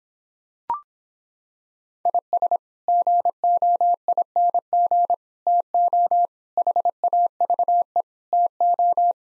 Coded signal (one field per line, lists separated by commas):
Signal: Morse code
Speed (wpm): 26 wpm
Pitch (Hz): 700 Hz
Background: none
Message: IS GOING TO HAVE TO